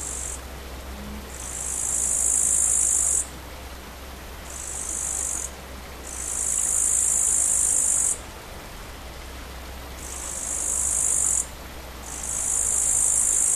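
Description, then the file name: Bush cricket stridulating in high, sizzling buzzes of one to two seconds, repeated steadily with short gaps throughout, a low steady hum underneath. Recorded 5 August 2013 on a portable MiniDisc recorder (MZ-N710). "sauterelle 5 08 13"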